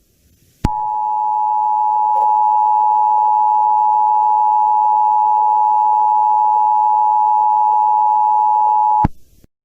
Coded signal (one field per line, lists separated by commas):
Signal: Emergency Alert System (SAME) tones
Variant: 853 and 960 Hz attention tone